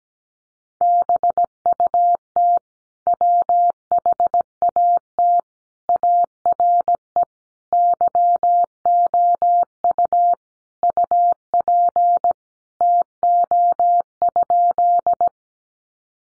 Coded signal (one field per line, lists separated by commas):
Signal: Morse code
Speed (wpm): 17 wpm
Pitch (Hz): 700 Hz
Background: none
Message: BUT WHAT ARE YOU UP TO?